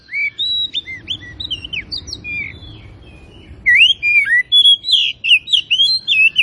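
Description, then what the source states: Oriental magpie-robin song of looping whistles and swooping slurs, a quieter first half then a louder, rapid burst of notes; constant low rumble behind. Kacer from Tretes, singing in full active song (gacor).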